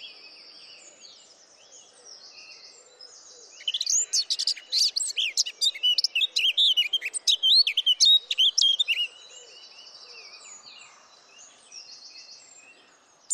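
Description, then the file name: Eurasian blackcap song: a loud, fast warble of sweet, varied notes lasting about five seconds, with softer trilling before and after. "Sylvia atricapilla"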